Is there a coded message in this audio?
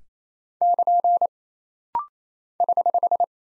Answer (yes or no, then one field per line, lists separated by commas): yes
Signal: Morse code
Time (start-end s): 0.6-3.2 s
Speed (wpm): 28 wpm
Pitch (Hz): 700 Hz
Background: none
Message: <KN> <HH>